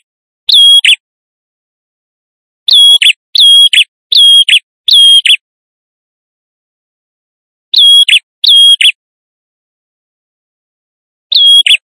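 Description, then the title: Prinia song: sharp, high, chirping notes in bursts of one to four, each with a steady whistled core and a quick flick at the end, separated by pauses. No other sounds. Male, a visiting bird in full, vigorous song; used as a lure. "Suara Prenjak Tamu Jantan Gacor - Pancingan Ampuh"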